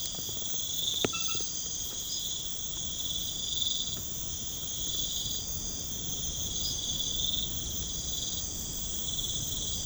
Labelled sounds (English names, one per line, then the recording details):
none
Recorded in pastures near Puerto Asís, Putumayo, Colombia, on 13 March 2025 at 00:00
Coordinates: 0.505, -76.324
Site GP08